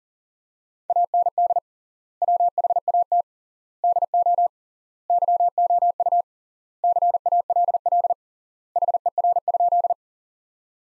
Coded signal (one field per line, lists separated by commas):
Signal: Morse code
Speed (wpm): 37 wpm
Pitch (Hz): 700 Hz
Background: none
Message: AND WHAT DO YOU CALL HER?